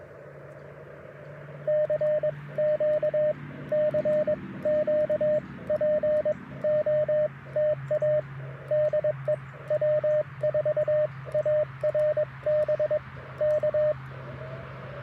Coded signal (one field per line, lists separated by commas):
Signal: Morse code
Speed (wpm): 21 wpm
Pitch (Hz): 610 Hz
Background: radio noise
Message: CQ CQ POTA DE W4ARB K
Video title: Mag Loop Antenna for QRP POTA - 10/25/23 @ Tuskegee National Forest (K-4451)